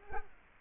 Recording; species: mosquito wingbeat signal from an infrared sensor; Culex quinquefasciatus